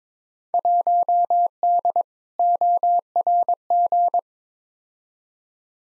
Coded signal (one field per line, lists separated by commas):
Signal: Morse code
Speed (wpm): 22 wpm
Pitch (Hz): 700 Hz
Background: none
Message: 1D ORG